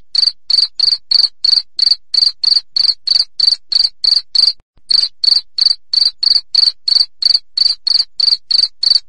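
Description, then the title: Cricket chirping: short, high-pitched pulsed chirps repeated steadily about three times a second, with one brief pause midway and no other sounds. "3.suara Hujan Guntur Suara Jangkrik Dan Burung"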